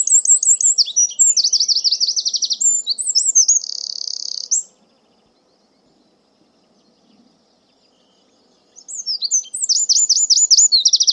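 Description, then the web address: Bird song: rapid series of very high, sharply repeated chirping notes and trills, a bout, a silent gap of about four seconds, then another bout. "Deverinetal 2025 File origin Bird Only"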